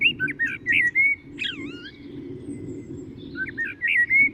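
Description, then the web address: Common blackbird phrases of warbled whistles at the start and end. In between comes a separate swooping whistle that slides down and up, over low background noise. "SETE Turdus merula"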